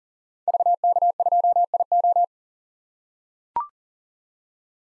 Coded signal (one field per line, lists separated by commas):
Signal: Morse code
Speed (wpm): 38 wpm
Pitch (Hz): 700 Hz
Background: none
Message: VK2IO